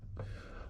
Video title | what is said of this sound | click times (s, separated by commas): Hellcat the Quest for more Horsepower Pt. 5 Dual Walbro 525LPH Fuel Pumps | and it just pops on make sure you hear that snap | 0.2 s